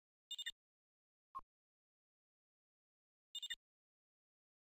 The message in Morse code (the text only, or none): none